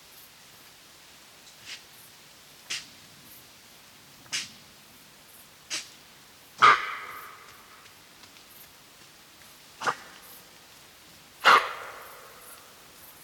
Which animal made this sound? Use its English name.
Fallow Deer